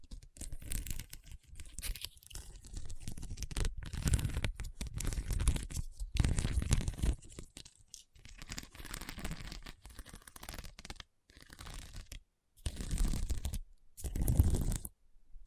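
A hard, bumpy surface is scratched in rough, irregular strokes, each a dry rasping burst of a second or two with short gaps between. The strokes vary in loudness, with stronger passages around 4–7 seconds and near 14 seconds, and brief silences near 11–13 seconds.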